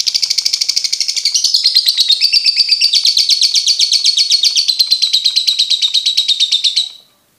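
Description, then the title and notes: Lovebird chattering song: a long, fast, buzzy trill of rapid repeated notes, drifting slightly lower in pitch for about seven seconds before stopping abruptly. Masteran training audio for birds to learn ngekek. "MASTERAN BURUNG. Belajar Ngekek. lofbet"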